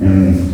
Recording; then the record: squeal of a Yucatan mini pig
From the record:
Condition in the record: after surgery on the right vocal fold (resection and tissue-engineered implant); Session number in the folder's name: 7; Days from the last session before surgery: 47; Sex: female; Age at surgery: 19 weeks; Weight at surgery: 25 kg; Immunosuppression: prednisolone